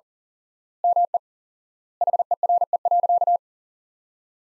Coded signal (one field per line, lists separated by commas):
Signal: Morse code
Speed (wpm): 40 wpm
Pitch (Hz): 700 Hz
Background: none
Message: ME HERE.